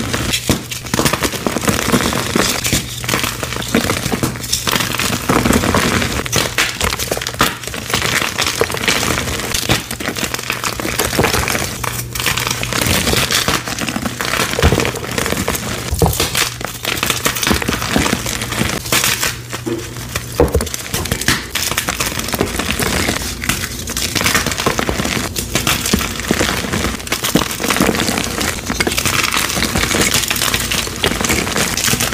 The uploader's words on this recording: ASMR crushing 24+ blocks of colorful crispy dyed chalk into fine powder.